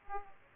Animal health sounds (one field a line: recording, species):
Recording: mosquito wingbeat signal from an infrared sensor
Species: Aedes aegypti